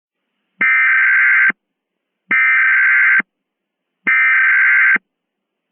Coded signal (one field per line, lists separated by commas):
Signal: Emergency Alert System (SAME) tones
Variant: header bursts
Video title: EAS Mock Scenario: Green Blob Invasion